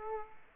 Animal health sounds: mosquito wingbeat signal from an infrared sensor; Aedes aegypti

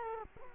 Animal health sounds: mosquito wingbeat signal from an infrared sensor; Culex quinquefasciatus

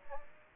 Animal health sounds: mosquito wingbeat signal from an infrared sensor; Aedes aegypti

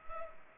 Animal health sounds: mosquito wingbeat signal from an infrared sensor; Culex pipiens

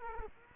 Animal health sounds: mosquito wingbeat signal from an infrared sensor; Culex quinquefasciatus

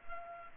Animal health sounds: mosquito wingbeat signal from an infrared sensor; Culex pipiens

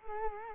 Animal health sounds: mosquito wingbeat signal from an infrared sensor; Culex quinquefasciatus

